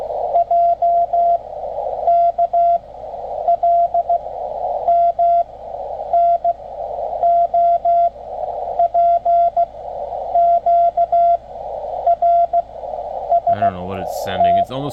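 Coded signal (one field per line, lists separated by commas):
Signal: Morse code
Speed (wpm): 16 wpm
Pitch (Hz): 690 Hz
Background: speech, radio noise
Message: J K L M N O P Q R S T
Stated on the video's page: Recorded CW played as a jammer on busy ham frequencies.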